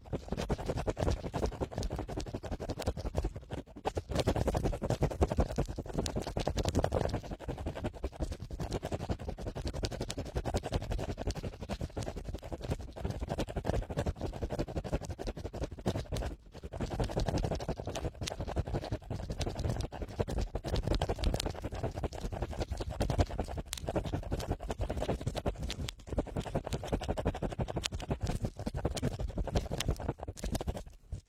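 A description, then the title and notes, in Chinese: A cotton swab works against the ear, making dense, continuous scratching and rubbing that stays loud and full throughout. The strokes are rapid and irregular, with a few brief pauses near 4 and 16 seconds before the scraping resumes. 棉棒清理你耳朵里的脏东西。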